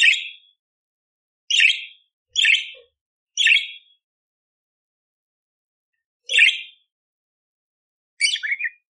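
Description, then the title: Budgerigar calls, single harsh buzzy chirps at irregular intervals, ending with a short warbled phrase. Masteran (tutor) recording of budgerigar, lively and clear, with coarse 'tembakan' fill phrases, one hour long, suitable for training magpie-robins. "Masteran Burung Parkit Gacor Jernih Full Isian Tembakan Kasar Cocok Buat Kacer"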